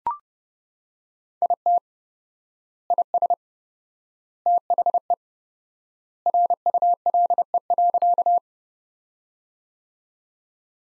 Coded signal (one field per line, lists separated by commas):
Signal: Morse code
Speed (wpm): 30 wpm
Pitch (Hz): 700 Hz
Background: none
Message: IT IS THE RULE.